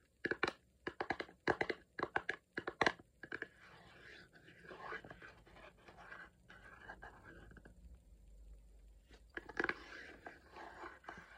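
Quick, sharp taps open the recording in rapid bursts for the first three seconds or so, each a crisp click. A softer, scratchy rustling follows through the middle, then crisp tapping returns near the ninth second over a faint steady hiss.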